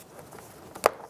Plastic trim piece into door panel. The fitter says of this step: listen for a click make sure it's secure